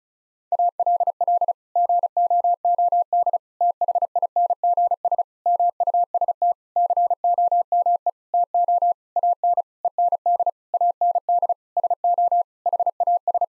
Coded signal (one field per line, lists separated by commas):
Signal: Morse code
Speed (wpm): 36 wpm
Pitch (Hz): 700 Hz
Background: none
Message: ALL GOOD THINGS MUST COME TO AN END AND SO HAS